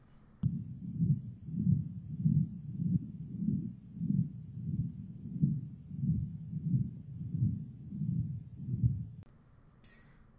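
Continuous, machine-like rumbling murmur pulsing about 100 times a minute, heard at the left upper sternal border: patent ductus arteriosus, with increased right-sided femoral and radial pulses.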